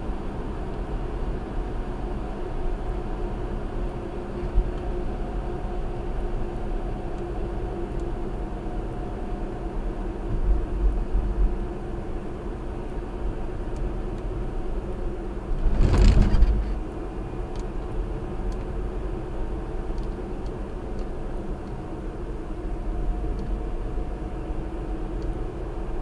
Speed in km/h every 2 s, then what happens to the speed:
74, 72, 72, 71, 68, 66, 66, 64, 64, 66, 63, 63, 64.
0-15 slows to 64. 15-26 steady at about 64.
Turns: none.